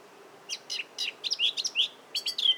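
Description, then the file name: Eurasian Blackcap warbling: a quick, short burst of varied chirping and slurred whistled notes, mostly high-pitched, with a faint steady hum beneath. "Sylvia atricapilla"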